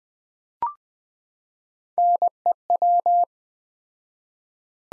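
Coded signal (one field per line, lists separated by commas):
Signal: Morse code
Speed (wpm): 20 wpm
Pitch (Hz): 700 Hz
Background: none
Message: NEW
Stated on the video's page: Morse practice of three-word sets at 20wpm with 4x word spacing, a Farnsworth-like method applied to words.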